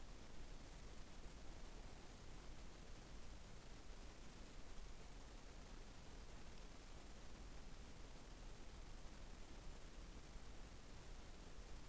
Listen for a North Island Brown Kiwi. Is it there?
no